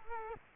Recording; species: mosquito wingbeat signal from an infrared sensor; Culex quinquefasciatus